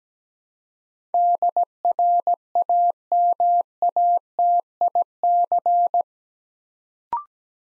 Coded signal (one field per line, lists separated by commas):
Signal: Morse code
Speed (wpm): 17 wpm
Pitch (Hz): 700 Hz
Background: none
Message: DRAMATIC